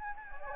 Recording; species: mosquito wingbeat signal from an infrared sensor; Anopheles gambiae